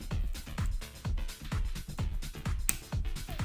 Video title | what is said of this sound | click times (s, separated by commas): Xray X4 2022 Kit Full Build Notes in the beginning | you hear it click, then go right. That way you don't cross thread anything. | 2.7 s